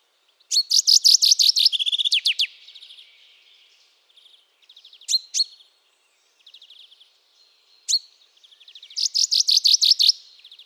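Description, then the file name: Common chaffinch song: a bright, high trilled phrase ending in a flourish, then scattered short notes, and a second trilled phrase near the end. "Fringilla coelebs"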